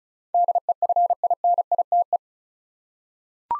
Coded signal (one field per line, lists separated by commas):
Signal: Morse code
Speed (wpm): 36 wpm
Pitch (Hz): 700 Hz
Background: none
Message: DEFINITE